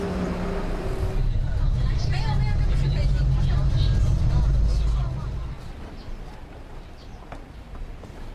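A city bus rumbles through traffic, its deep, steady engine drone loud for about five seconds before easing off to a quieter background hum of the road.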